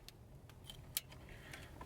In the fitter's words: main harness for the power make sure it clicks